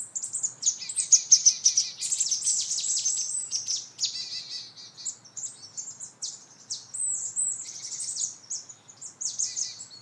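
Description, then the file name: Marsh tit calls, a dense run of high, sharp chirps and short descending notes, tumbling quickly and overlapping through most. "Poecile palustris"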